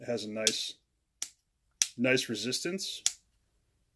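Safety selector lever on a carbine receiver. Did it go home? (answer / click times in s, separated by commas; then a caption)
yes / 1.2 s, 1.8 s. Someone talks while cycling the safety selector lever on a Kriss Vector carbine receiver on and off, with a nice resistance before each detent. Two sharp clicks sound at 1.2 s and 1.8 s as the selector clicks into position.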